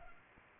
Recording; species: mosquito wingbeat signal from an infrared sensor; Culex pipiens